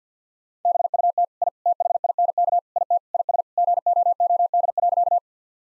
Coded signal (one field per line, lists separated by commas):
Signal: Morse code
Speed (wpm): 50 wpm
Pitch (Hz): 700 Hz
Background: none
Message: BUT I THINK IT IS GOOD.